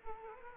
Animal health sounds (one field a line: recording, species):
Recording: mosquito wingbeat signal from an infrared sensor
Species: Aedes aegypti